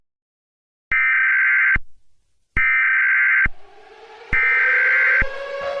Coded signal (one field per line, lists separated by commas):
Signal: Emergency Alert System (SAME) tones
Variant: header bursts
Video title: EAS Scenario - July 4th Surprise